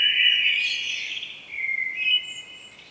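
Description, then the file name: Common blackbird giving a short, smooth warble that begins strongly, dips lower, then lifts briefly before fading. "Turdus merula"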